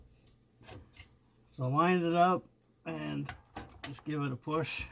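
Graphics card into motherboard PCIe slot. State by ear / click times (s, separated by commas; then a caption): not seated / none. A graphics card is lined up over a motherboard PCIe slot before being pushed in, with soft handling sounds while someone talks. The stretch is quiet, and the card has not seated or clicked yet.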